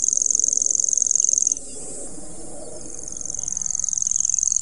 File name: grasshopper warbler omkicau